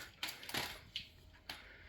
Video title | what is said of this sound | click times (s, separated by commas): Is the CAMBOFOTO Tripod Worth Your Money? The Answer Will Surprise You! Product Review! | That's three two clicks in and it's the same height. | 0.2 s, 1.0 s, 1.5 s